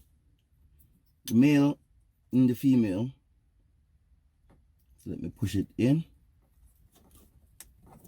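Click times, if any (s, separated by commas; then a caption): 7.6 s. The male end of a KeepTruckin ELD cable harness is pushed into the female J1939 bus connector in the dash of a Mack Pinnacle CXU613 semi truck while someone talks. After the talking stops, faint handling sounds lead to a sharp click at 7.6 s as the connector seats, followed by a few softer ticks.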